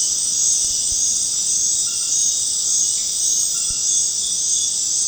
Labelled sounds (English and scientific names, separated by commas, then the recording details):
none
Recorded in secondary vegetation near Puerto Asís, Putumayo, Colombia, on 25 June 2025 at 19:00
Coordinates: 0.484, -76.319
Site G074